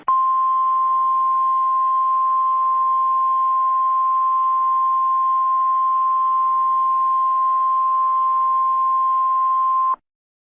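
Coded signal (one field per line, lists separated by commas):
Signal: Emergency Alert System (SAME) tones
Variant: 1050 Hz attention tone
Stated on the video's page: Fictional EAS scenario.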